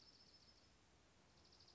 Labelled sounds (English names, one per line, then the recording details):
Dark-eyed Junco
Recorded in Sonoma County, California